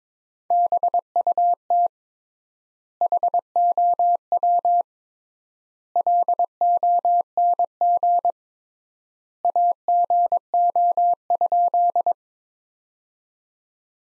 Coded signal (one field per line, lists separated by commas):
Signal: Morse code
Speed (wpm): 22 wpm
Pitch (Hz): 700 Hz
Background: none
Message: BUT HOW LONG AGO?